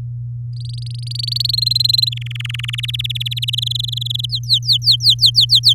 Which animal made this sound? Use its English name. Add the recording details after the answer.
Domestic Canary. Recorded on 3 May 2018 at 18:22. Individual llb16